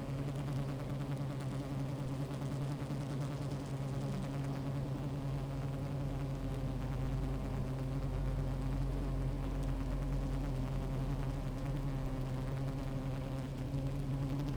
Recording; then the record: honeybee colony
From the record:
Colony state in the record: active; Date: 28 July 2017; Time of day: 15:10